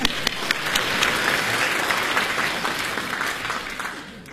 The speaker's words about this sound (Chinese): 您来了，大西厢。 大西厢 啊，来啊，再来点掌声。